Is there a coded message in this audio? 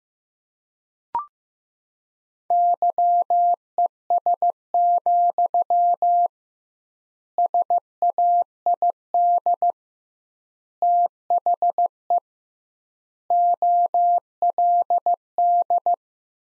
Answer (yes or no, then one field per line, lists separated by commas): yes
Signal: Morse code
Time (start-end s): 2.5-15.9 s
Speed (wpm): 15 wpm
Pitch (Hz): 700 Hz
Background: none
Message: YES, SAID THE OLD